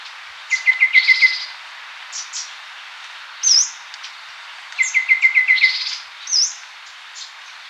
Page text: Golden Babbler Song. Quick Sounds